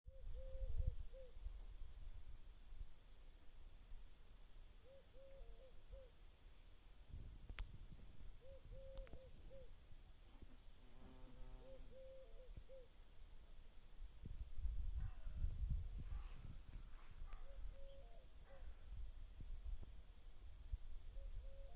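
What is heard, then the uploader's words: Carpenter bees feed with short buzzing bursts every few seconds, over a steady hiss, low rumbling thumps and a brief clicking tone midway. Carpenter bees (Xylocopa caerulea) having a feast although they're solitary beings.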